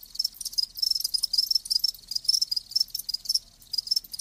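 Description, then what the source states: Crickets chirping in quick high pulses, several overlapping callers forming an uneven rhythmic chorus. Live crickets chirping.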